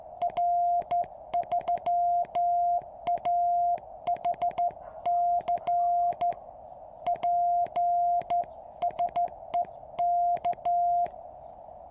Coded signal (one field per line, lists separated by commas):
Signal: Morse code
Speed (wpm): 13 wpm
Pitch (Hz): 700 Hz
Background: none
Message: R3AHC PSE K